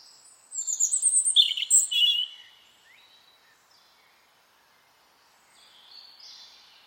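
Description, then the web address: Bird song: a rapid jumble of high chirps and trills for about two seconds, followed by near silence and a faint high note at the end. "cianscape birddata Deverinetal 2025 File origin Bird Only Er Ru Er Ru"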